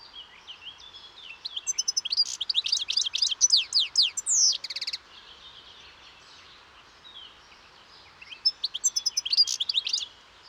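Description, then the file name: European goldfinch song: a long, lively twittering phrase of fast repeated chirps and trills, then another burst of quick notes after a pause. "Carduelis carduelis"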